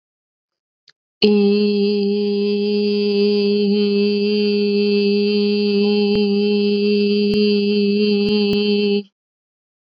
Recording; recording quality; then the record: sustained vowel as in beet; excellent, no background noise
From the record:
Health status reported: exposed to COVID-19, no respiratory illness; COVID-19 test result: not tested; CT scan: not taken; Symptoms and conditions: sore throat, fatigue, muscle pain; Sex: female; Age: 32 years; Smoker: no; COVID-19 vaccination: both doses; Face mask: worn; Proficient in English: yes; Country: India